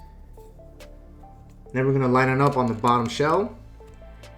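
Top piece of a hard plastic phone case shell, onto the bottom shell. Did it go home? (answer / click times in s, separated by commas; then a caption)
no / none. The top piece of the hard plastic shell of an OtterBox Defender Series Pro case for an iPhone 15 Pro is lined up on the bottom shell before being pressed home. Someone talks over faint background music, and a brief soft sound is heard near the end. Nothing has seated or clicked yet.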